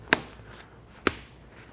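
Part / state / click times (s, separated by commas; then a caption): stroller canopy hinge points onto seat bracket / seated / 0.1 s, 1.1 s. The plastic hinge points of an S-1 stroller canopy are pushed with some force onto the seat bracket. Two sharp clicks are heard at 0.1 s and 1.1 s, one for each hinge, against a quiet background. Both hinges snap into place and the canopy is seated on the bracket.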